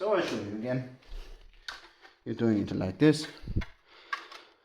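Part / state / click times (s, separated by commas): plastic tower segment into the adjacent tower segment / seated / 4.1 s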